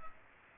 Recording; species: mosquito wingbeat signal from an infrared sensor; Culex pipiens